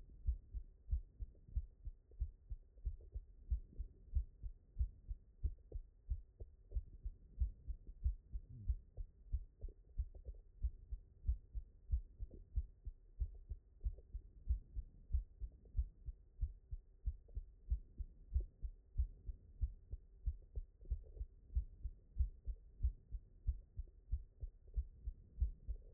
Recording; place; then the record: heart sounds by stethoscope; mitral valve (MV)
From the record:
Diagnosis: non-HFrEF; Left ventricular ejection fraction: 65%